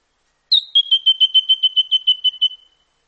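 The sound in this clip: White-throated treecreeper delivering a quick even trill: an initial sharp note followed by about a dozen high piping notes.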